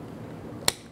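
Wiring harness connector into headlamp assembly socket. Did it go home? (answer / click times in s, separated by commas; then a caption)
yes / 0.7 s. A keyed wiring harness connector is lined up and pressed by hand into the socket on the back of a new performance projector headlamp assembly for a 2011-2018 Ram 1500. After a low, steady background, one sharp, bright snap rings out at 0.7 s, and the connector is seated.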